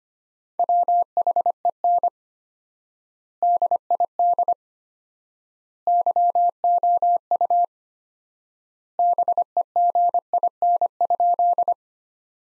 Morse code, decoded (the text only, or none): WHEN DID YOU BEGIN?